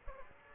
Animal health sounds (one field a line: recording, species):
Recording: mosquito wingbeat signal from an infrared sensor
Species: Aedes aegypti